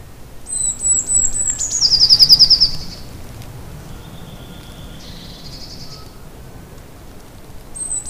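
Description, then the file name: Eurasian blue tit gives high, thin introductory notes and then a quick, silvery trill, followed by a quieter buzzy rattle and a fresh high note at the end. "Cyanistes caeruleus"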